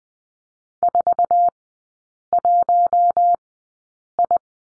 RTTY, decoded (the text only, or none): none